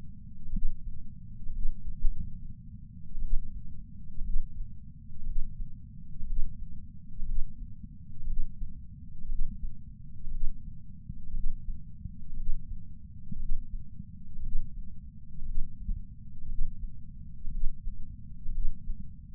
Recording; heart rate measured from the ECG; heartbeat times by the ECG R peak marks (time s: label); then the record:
heart sounds by patch sensor on the chest; 60 bpm
0.51 s: heartbeat
1.51 s: heartbeat
1.98 s: heartbeat
3.20 s: heartbeat
4.22 s: heartbeat
5.24 s: heartbeat
6.24 s: heartbeat
7.24 s: heartbeat
8.25 s: heartbeat
9.27 s: heartbeat
10.29 s: heartbeat
11.32 s: heartbeat
12.35 s: heartbeat
13.37 s: heartbeat
14.41 s: heartbeat
15.43 s: heartbeat
16.47 s: heartbeat
17.49 s: heartbeat
18.50 s: heartbeat
From the record:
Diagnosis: coronary artery disease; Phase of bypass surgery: preoperative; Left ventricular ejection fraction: 61.1%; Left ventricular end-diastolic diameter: 60 mm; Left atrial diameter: 40 mm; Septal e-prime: 7.9 cm/s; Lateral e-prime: 9.6 cm/s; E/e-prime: 7.5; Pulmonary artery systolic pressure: 34 mmHg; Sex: male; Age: 65 years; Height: 168 cm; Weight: 73 kg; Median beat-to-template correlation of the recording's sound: 0.92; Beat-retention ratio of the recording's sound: 1.00